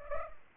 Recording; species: mosquito wingbeat signal from an infrared sensor; Culex pipiens